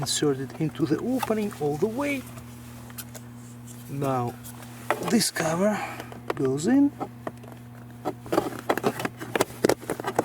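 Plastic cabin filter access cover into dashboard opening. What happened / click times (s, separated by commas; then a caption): The plastic cover is handled but not yet clipped home / none. On a 2024–2025 Lexus GX550 or Toyota Land Cruiser, with the cabin air filter tray reinstalled, the plastic cabin filter access cover is being handled and pushed into the dashboard opening while someone talks. Brief sharp handling sounds come through near the end, but the cover has not snapped into place yet and nothing has seated or clicked.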